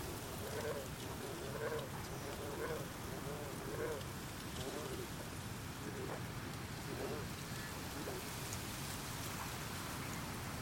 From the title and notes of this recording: Frogs at Afternoon At Columbia National Wildlife Refuge. Located in the the Channeled Scablands of the Northwest.